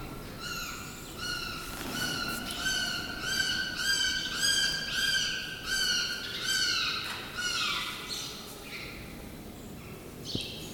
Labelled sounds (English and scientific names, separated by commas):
Guira Cuckoo (Guira guira) call